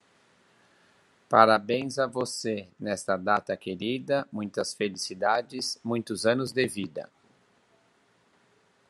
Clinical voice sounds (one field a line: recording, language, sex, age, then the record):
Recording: short text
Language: Brazilian Portuguese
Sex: male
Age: 40 to 49 years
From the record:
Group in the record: control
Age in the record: 46 years